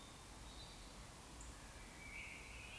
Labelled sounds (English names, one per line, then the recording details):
Eurasian Woodcock whistle
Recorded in Baden-Württemberg, Germany, on 19 May 2021 at 18:51 UTC
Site 24608, 624 m above sea level